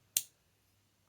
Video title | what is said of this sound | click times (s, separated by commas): Jack Wolf, After-hours frame lock final thoughts 🤔 | clicked in solid it isn't going anywhere at all nothing | 0.2 s